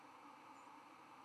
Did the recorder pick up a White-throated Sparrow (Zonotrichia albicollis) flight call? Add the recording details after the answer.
yes. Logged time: 04:36 on 11 November 2014